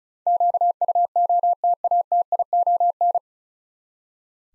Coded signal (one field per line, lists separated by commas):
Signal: Morse code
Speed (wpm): 36 wpm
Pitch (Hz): 700 Hz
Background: none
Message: QUOTATION